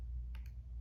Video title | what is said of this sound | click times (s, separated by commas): BTX classic motor 5060 Limit Setting | until that drops in did you hear that click | 0.3 s